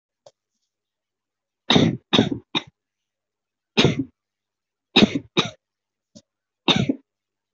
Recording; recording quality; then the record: shallow voluntary cough; excellent, no background noise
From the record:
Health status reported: recovered from COVID-19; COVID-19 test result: positive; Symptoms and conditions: cough, cold, fever, fatigue, muscle pain, loss of smell and taste, diarrhoea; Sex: female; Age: 23 years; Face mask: not worn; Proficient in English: yes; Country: India